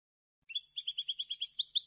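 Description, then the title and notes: European goldfinch singing a quick string of high, ringing twitters that starts after a short silence and keeps going to the end, with no other sounds. Clean goldfinch song, for copying in song training. "Cd Jilguero. Cd de canto de jilguero limpio para copia"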